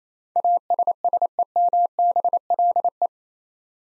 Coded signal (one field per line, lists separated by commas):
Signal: Morse code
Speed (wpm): 27 wpm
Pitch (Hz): 700 Hz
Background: none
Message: ASSEMBLE